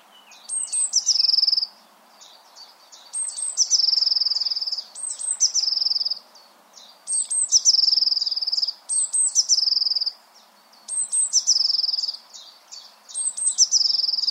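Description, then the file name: Eurasian blue tit song: high thin introductory notes followed by a fast trill, repeated several times, over a faint low hiss. "Cyanistes caeruleus"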